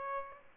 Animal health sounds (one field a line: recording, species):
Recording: mosquito wingbeat signal from an infrared sensor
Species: Aedes aegypti